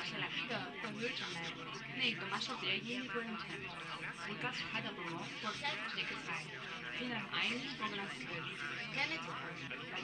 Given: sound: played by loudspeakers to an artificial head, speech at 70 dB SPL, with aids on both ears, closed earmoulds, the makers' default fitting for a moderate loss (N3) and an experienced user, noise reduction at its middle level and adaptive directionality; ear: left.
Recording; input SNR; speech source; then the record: speech test signal (ISTS) in cocktail-party noise; 0 dB; on the right (90 degrees)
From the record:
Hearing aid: class 2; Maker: F